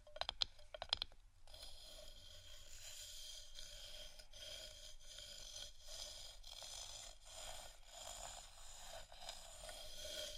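Wooden items are tapped in a quick burst of sharp knocks at the start, then scratched in a steady, bright, continuous scrape.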